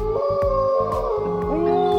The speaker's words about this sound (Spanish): Y es entonces, en ese momento, cuando la montaña reproducirá en un MP3 sonidos de lobos guargos aullando.